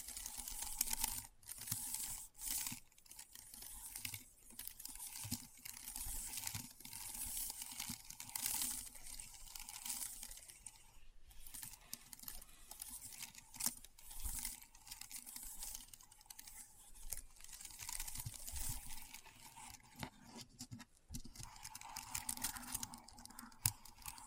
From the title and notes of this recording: ASMR Keyboard Sounds (No Talking).